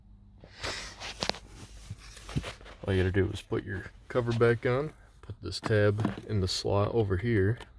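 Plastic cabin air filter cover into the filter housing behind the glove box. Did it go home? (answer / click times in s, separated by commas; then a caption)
no / none. A plastic cabin air filter access cover is being refitted into the filter housing behind the glove box of a 2015 Scion tC, with its tab guided toward the slot. Someone talks while brief handling taps and knocks of plastic are heard early on. Nothing has seated or clicked yet.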